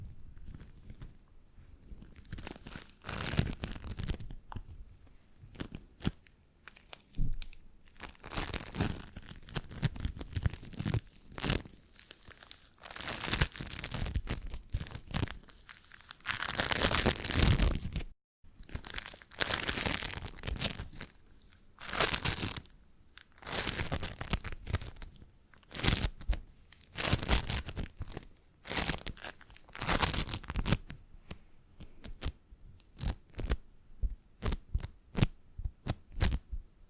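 Crinkling and squeezing noises come in dense bursts with scratchy, papery crunches, a brief silence near eighteen seconds, then quicker sharp taps toward the end.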